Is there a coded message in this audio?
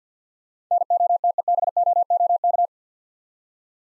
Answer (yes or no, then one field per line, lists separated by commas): yes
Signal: Morse code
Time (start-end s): 0.7-2.7 s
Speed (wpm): 50 wpm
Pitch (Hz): 700 Hz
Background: none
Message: NOTEBOOK